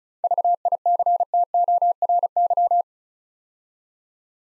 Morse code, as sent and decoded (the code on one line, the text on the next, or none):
...- .. -.-. - --- .-. -.--
VICTORY